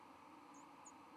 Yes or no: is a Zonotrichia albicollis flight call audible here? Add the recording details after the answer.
no. Another species' flight call is heard. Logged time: 08:48 on 31 October 2014